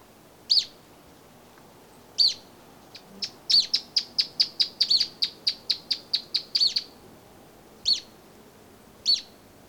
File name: Bolivian Earthcreeper (Upucerthia harterti)